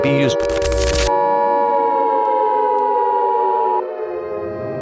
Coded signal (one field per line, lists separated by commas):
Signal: Emergency Alert System (SAME) tones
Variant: 853 and 960 Hz attention tone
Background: speech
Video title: Objects Arise - A BFDI EAS Scenario (PART 1)